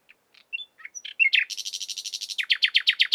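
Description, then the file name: Common nightingale song opening with a few soft, varied notes, then breaking into a long, fast, pulsing trill of repeated notes. "Luscinia megarhynchos"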